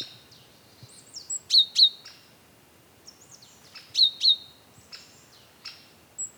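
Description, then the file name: Great tit sharp double notes given in a few bursts, mixed with soft sliding high whistles. "Parus major"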